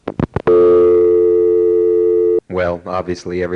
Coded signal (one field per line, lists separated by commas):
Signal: telephone call progress tone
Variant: North America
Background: speech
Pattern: dial tone